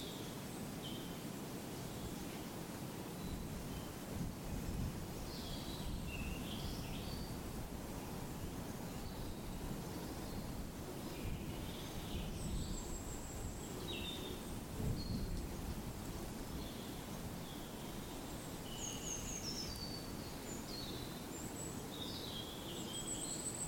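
Spring birdsong by a woodland pool in the New Forest: many small birds chirp and trill in short, bright phrases scattered throughout, some high thin notes repeating. Underneath runs a steady, dense low rumble like wind, even from start to finish.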